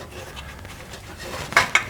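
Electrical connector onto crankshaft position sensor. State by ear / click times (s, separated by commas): seated / 1.6 s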